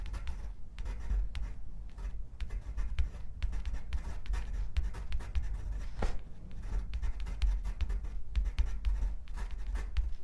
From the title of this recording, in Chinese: 铅笔、钢笔写字声